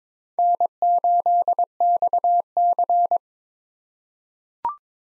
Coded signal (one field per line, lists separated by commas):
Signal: Morse code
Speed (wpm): 22 wpm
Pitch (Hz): 700 Hz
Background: none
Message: N8XC